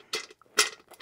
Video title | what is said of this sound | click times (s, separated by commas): How to Assemble a Big & Tall Executive Office Chair | and you can generally hear them click | 0.1 s, 0.6 s